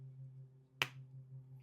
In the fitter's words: Did you hear the pop?